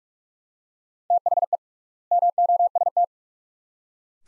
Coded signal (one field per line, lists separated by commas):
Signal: Morse code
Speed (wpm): 46 wpm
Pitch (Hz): 700 Hz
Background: none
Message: THE MOST